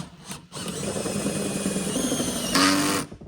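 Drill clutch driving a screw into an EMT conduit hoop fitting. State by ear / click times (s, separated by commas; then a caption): torque reached / 2.6 s. A drill with its clutch set to 11 drives a self-drilling screw through a steel low-hoop fitting into EMT conduit, whirring steadily from about 0.5 s. At 2.6 s the clutch clicks out with a louder ratcheting burst that lasts until about 3.0 s, before the screw is fully seated. Because of this, the clutch setting is raised to 13.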